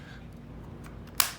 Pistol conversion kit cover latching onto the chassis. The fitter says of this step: hear that snap